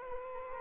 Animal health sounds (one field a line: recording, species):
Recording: mosquito wingbeat signal from an infrared sensor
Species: Aedes aegypti